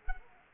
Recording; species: mosquito wingbeat signal from an infrared sensor; Culex quinquefasciatus